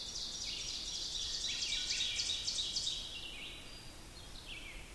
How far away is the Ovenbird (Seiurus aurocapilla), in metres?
about 60 m